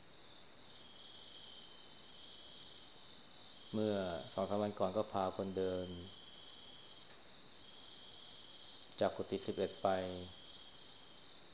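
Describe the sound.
A steady, unbroken high-pitched drone of crickets chirping runs through the whole stretch, while a man speaks over it for a few seconds in two short stretches.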